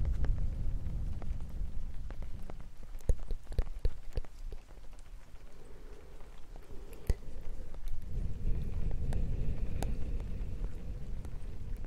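Gentle tapping in the rain, with sharp, irregular taps scattered through, clustering around three to four seconds and again near seven and ten seconds. A low, breathy rumble runs underneath, easing in the middle and swelling again after eight seconds, with a faint thin tone late on.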